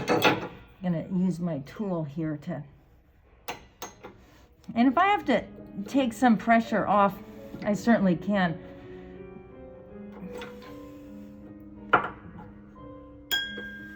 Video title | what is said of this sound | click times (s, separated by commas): Replacing treble wire | there you can hear it pop into the groove and you can see that the string spacing looks pretty much | 11.9 s